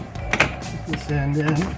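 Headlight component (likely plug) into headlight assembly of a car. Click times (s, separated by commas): 0.3 s, 0.4 s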